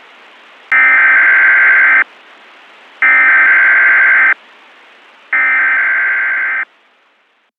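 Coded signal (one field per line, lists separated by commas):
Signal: Emergency Alert System (SAME) tones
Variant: header bursts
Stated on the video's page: Emergency Alert System broadcasts from the fan-made game Black Mesa, covering local, statewide and national alerts.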